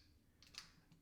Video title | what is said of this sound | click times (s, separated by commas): How To Replace 2019 - 2024 Toyota RAV4 Key Fob Battery - Change Replacement Flip Remote Batteries | then it'll snap into place. | 0.4 s, 0.6 s